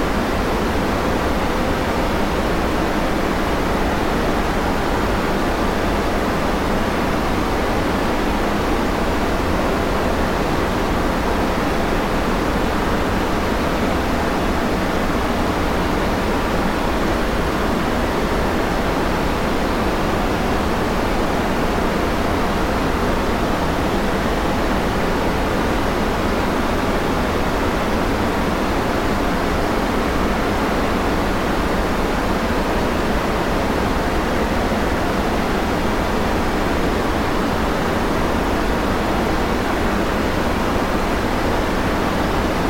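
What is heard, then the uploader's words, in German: Pure white noise hisses steadily and evenly throughout, dense and unchanging, spread across lows and highs with a slightly softer top end. No events or pauses break it, and the level stays constant from start to finish. Reines weißes Rauschen.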